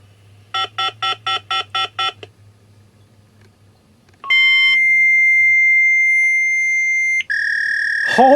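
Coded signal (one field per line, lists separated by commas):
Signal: fax machine handshake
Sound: seven quick dialing beeps, then a steady high tone for three seconds, then a lower tone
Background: room hum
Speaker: dialing receive holy crap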